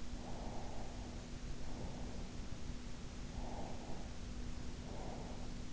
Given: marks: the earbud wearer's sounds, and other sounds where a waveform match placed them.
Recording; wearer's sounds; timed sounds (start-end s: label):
sounds in sleep by an in-ear microphone; breath
0.12-2.52 s: breath
3.23-5.60 s: breath